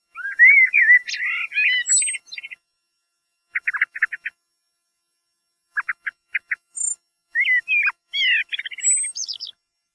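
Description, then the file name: Common blackbird giving varied warbled and squeaky phrases with high thin notes, broken by short bursts of dry clicking chatter and brief silences. "MERLO VOC"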